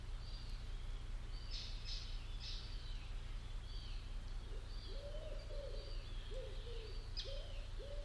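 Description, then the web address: Bird giving several short hooting notes in the second half, with scattered high chirps and whistles throughout over a constant low hum. "cianscape. Deverinetal. Bird Only"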